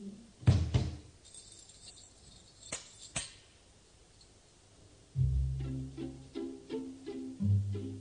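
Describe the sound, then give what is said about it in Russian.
A heavy library door thuds shut with a low bump, followed by two sharp latch clicks. After a pause, tuneful music with a steady beat begins. “Закрывайте дверь”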